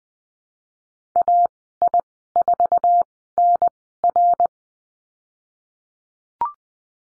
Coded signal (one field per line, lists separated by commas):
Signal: Morse code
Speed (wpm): 20 wpm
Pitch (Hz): 700 Hz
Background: none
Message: AI4NR